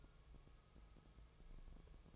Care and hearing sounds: daily activity, microphone in the room; take from stove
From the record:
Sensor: 1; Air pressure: 999.3 hPa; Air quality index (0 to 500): 201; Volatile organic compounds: 43 ppm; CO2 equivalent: 3189 ppm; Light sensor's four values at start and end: 9/22/8/9 and 9/22/8/9

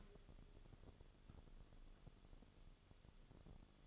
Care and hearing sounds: daily activity, microphone in the room; take from stove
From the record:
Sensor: 4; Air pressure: 1008.8 hPa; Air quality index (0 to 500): 113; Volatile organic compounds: 1 ppm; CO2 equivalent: 832 ppm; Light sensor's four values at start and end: 10/22/8/8 and 10/22/8/8

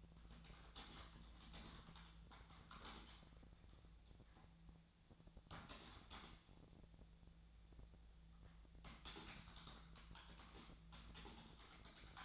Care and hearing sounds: daily activity, microphone in the room; typing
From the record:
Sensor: 3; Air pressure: 1000.2 hPa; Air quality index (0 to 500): 138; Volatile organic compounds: 2 ppm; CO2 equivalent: 1222 ppm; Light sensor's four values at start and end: 38/97/41/45 and 37/95/40/44

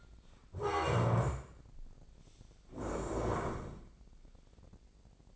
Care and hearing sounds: daily activity, microphone in the room; stand up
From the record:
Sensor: 5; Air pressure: 1012.4 hPa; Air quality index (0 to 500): 150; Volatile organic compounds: 2 ppm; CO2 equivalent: 1034 ppm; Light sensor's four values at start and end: 261/625/266/293 and 254/609/259/285

